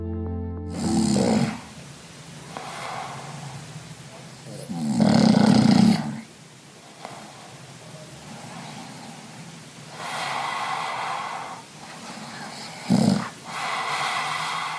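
Loud, rattling snores recur irregularly through quieter breathing in an adult man asleep.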